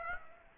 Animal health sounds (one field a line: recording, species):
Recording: mosquito wingbeat signal from an infrared sensor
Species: Aedes aegypti